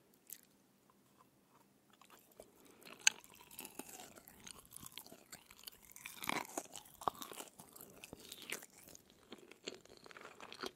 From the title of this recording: chicken feet eating sound